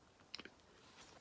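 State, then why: Seated. A weaver's knot joining the old and new sewing thread is pulled tight by holding both threads while sewing a book. It pops closed with a sharp click at 0.4 s, followed by two quieter snaps just after, and the knot is seated.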